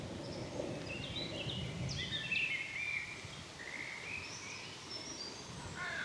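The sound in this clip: Birds twittering, scattered short high chirps and a brief burst of rapid notes midway.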